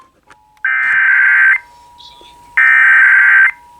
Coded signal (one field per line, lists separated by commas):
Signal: Emergency Alert System (SAME) tones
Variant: header bursts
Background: speech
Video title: KKJG Judges Groundhog Day (6 MORE WEEKS OF WINTER) (SLO Monthly EAS Test from 2/2/23) (EAS #745-765)